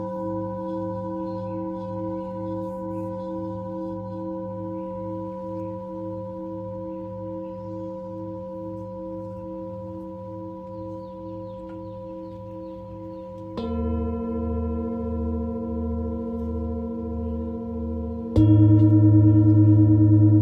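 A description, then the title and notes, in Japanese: Singing bowls hum with a steady, pulsing low drone and sustained bright overtones, with a louder new bowl struck near 14 and 18 seconds. シンギングボウルのサウンドヒーリング。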